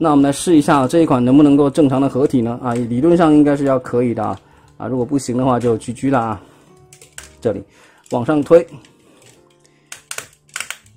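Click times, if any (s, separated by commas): 10.1 s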